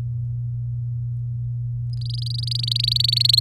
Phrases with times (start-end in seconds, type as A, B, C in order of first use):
1.93-3.40 A